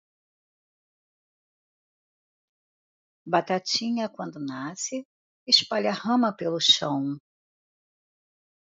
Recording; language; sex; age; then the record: short text; Brazilian Portuguese; female; 60 to 69 years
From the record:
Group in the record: control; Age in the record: 62 years